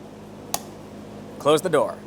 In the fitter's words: reinstall your fuel cap we'll take this and turn it clockwise until you hear a click